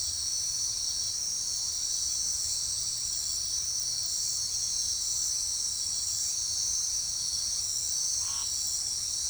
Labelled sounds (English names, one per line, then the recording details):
none
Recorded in forest near Pivijay, Magdalena, Colombia, on 4 June 2023 at 19:00
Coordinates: 10.467, -74.380
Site Z5-G034